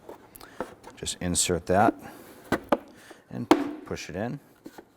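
A plastic air intake tube is handled and pushed toward a new plastic engine air box base on a 2011-2021 Jeep Grand Cherokee 3.6L V6, with light knocks and rubbing sounds while someone talks. The part has not seated yet, and nothing has clicked.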